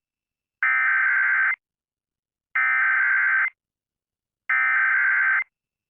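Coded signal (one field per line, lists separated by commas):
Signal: Emergency Alert System (SAME) tones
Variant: header bursts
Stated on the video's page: Severe weather SAME alerts received on NOAA Weather Radio and on a broadcast station.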